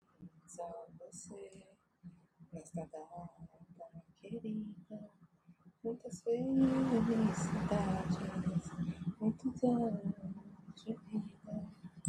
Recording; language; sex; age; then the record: short text; Brazilian Portuguese; female; 40 to 49 years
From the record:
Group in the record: control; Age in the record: 48 years